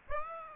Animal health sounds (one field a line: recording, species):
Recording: mosquito wingbeat signal from an infrared sensor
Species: Aedes aegypti